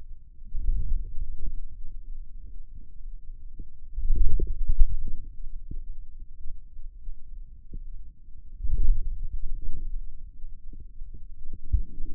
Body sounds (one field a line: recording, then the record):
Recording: forearm muscle sounds (acoustic myography)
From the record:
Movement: wrist flexion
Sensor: system 2, bracelet of six BSWA MPA416 microphones around the upper forearm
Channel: 4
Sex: male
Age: 22 years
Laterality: right